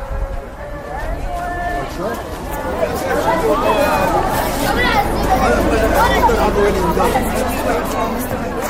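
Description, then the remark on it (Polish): A dense street crowd at an intersection, mostly women, many overlapping voices chattering loudly at once, a steady, busy hubbub that swells slightly louder partway through, with no single speaker standing out. “Ich głośne rozmowy ożywiają tę okolicę.”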